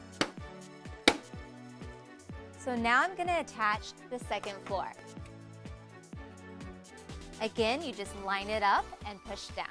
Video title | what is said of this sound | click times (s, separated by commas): Barbie® Dreamhouse® Step-by-Step Assembly Video - @Barbie | you just snap it in | 0.2 s, 1.1 s